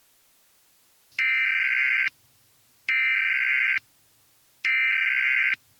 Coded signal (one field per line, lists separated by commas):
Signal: Emergency Alert System (SAME) tones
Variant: header bursts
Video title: EAS Scenario: Armistice Pathogen [Life Among the Dead]